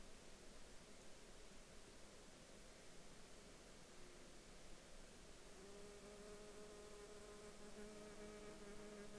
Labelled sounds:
insects
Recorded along the Dempster Highway, Canada, on 31 July 2020 at 06:13
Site 16

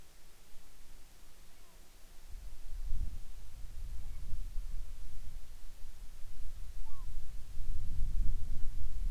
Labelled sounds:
bird
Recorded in the Arctic National Wildlife Refuge, Alaska, on 10 July 2019 at 18:36
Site 44

